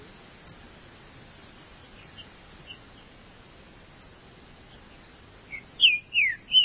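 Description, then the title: Green-winged saltator song arrives only at the end: several loud slurred whistles in quick succession, preceded by occasional faint high ticks and steady background hiss. "Trinca Ferro"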